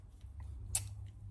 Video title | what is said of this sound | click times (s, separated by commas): Modified Leatherman OHT: Surge Scissors, blade and T-shank! | you'll hear you get a really nice solid click from this. | 0.8 s